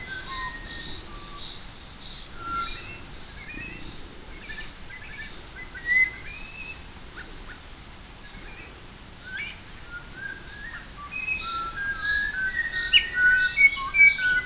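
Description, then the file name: Buffy laughingthrush giving short whistled and slurred notes, rising and falling, scattered throughout, becoming louder and busier near the end with sharp chirps. "laughingthrush-buffy Garrulax-berthemyi"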